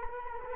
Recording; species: mosquito wingbeat signal from an infrared sensor; Culex quinquefasciatus